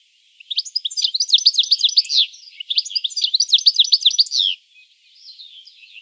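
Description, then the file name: European goldfinch in two bursts of dense, tinkling twitter, each about two seconds long, followed by faint soft chattering. "Carduelis carduelis"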